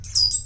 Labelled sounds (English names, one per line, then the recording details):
Stitchbird song
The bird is a male
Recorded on Tiritiri Matangi Island, New Zealand, in 2005
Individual 22, of nest box 31